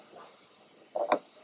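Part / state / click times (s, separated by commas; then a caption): spray gun cable connector into controller socket / seated / 1.1 s. The male cable connector of a Sames Kremlin spray gun is lined up by its tab and arrow with the female socket on the powder system controller and pushed in. A short scuffing burst at 0.96 s leads into a sharp click at 1.1 s as the connector seats and locks into place.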